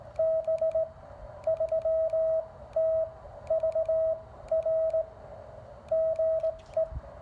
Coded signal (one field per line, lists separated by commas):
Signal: Morse code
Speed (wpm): 18 wpm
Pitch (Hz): 640 Hz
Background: radio noise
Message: B3TVR GE